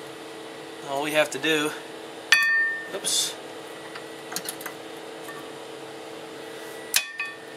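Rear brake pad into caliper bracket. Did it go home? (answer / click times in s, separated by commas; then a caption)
yes / 7.0 s. Someone talks while fitting the inner rear brake pad, the one with the squealer, into the caliper bracket clips on a 2003 Honda CR-V, with a loud metallic clank at 2.3 s and light taps around 4.4–4.7 s. The pad snaps into place with a sharp click at 7.0 s, and it is seated.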